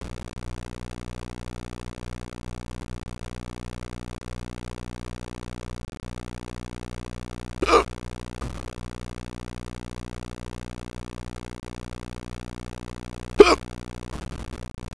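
Adult with pretty bad hiccups: two abrupt, sharp hiccup bursts about six seconds apart, heard over a steady low droning background hum.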